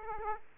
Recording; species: mosquito wingbeat signal from an infrared sensor; Aedes aegypti